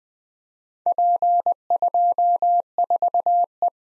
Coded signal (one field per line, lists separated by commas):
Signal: Morse code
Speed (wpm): 20 wpm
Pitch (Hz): 700 Hz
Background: none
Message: P24E